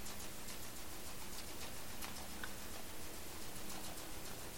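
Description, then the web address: Sperm whale clicks, several faint sharp ticks against steady low underwater noise and hum. Recorded by ONC hydrophone NAXYS HYD 052 in the Strait of Georgia, 27 March 2018, around 19:17 UTC. "data raw sperm Whale Clicks sog-onc 20180327"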